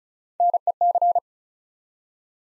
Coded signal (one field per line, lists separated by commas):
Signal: Morse code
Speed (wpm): 36 wpm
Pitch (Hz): 700 Hz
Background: none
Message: NEC